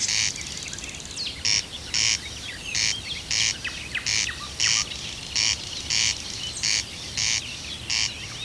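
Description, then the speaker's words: Corncrake song: a long, steady series of evenly spaced dry rasping bursts, with faint calls of other birds behind. Corncrake, described as the most mysterious singer of the fields; once heard from almost all larger field areas; numbers fell to a fraction, nearly disappearing, but have risen somewhat recently. "ruisrääkkä. Entisinä aikoina ruisrääkän ääni kuului lähes kaikilta suuremmilta peltoalueilta."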